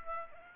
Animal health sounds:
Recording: mosquito wingbeat signal from an infrared sensor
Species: Aedes aegypti

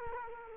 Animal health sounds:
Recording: mosquito wingbeat signal from an infrared sensor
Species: Culex quinquefasciatus

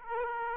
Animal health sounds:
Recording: mosquito wingbeat signal from an infrared sensor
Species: Aedes aegypti

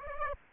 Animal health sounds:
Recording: mosquito wingbeat signal from an infrared sensor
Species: Aedes aegypti

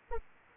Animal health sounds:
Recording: mosquito wingbeat signal from an infrared sensor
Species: Anopheles arabiensis

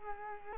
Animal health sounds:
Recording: mosquito wingbeat signal from an infrared sensor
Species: Culex quinquefasciatus

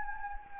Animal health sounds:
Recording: mosquito wingbeat signal from an infrared sensor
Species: Anopheles gambiae

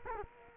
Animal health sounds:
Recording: mosquito wingbeat signal from an infrared sensor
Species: Culex quinquefasciatus

